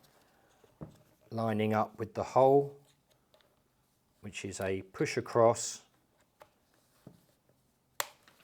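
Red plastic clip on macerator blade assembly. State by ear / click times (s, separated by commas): seated / 8.0 s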